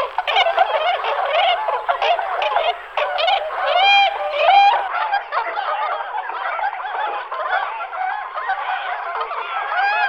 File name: Labut mala Cygnus columbianus